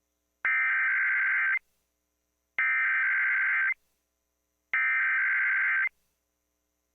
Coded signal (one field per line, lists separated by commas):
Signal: Emergency Alert System (SAME) tones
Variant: header bursts